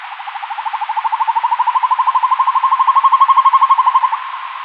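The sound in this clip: Northern hawk-owl giving a long, rapid bubbling trill of even pulses that swells in loudness and rises slightly in pitch over about four seconds.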